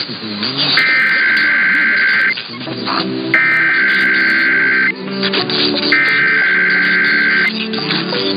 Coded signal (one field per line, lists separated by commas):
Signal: Emergency Alert System (SAME) tones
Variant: header bursts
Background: speech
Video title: KDKA Easter Weekly Test (EAS #10629) 4/9/23